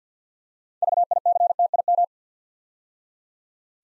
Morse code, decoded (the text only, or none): VICTIM